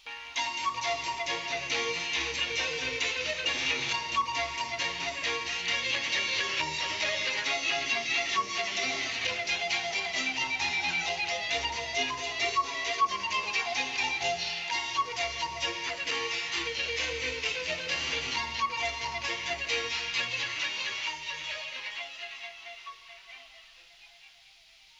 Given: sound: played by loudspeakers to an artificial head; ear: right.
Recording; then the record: music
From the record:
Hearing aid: class 1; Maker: A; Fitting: closed earmoulds, the maker's default for a moderate loss (N3)